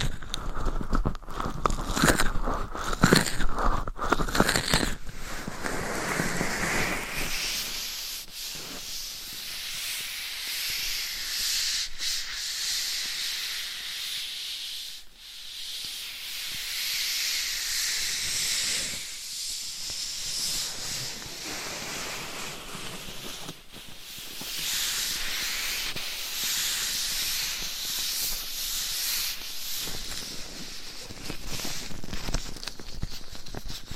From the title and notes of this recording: ASMR Binaural Mic Scratching & Tapping with Different Gloves & Nails for 100% SLEEP - No Talking.